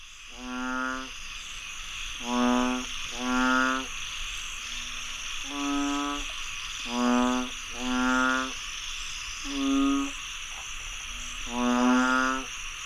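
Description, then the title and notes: Frogs giving harmonic, nasal croaks about half a second long, repeated at uneven intervals, over a steady high background hum. Frogs croaking after heavy rainfall in Chiang Mai, Thailand. "Frogs croaking after heavy rainfall in Chiang Mai, Thailand. Alex Boyesen"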